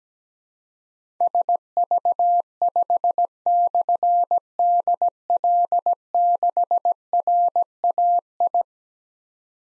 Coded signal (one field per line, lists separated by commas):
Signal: Morse code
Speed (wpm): 17 wpm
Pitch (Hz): 700 Hz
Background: none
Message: SV5/DL6RAI